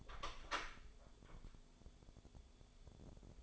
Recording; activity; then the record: daily activity, microphone in the room; open door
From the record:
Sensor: 5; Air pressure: 1015.3 hPa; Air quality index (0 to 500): 211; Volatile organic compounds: 11 ppm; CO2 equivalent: 2294 ppm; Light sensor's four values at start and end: 35/80/32/31 and 35/80/32/31